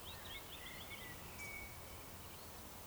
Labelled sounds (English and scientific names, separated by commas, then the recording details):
Eurasian Woodcock (Scolopax rusticola) whistle
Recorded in Baden-Württemberg, Germany, on 12 June 2020 at 19:31 UTC
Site 43791, 788 m above sea level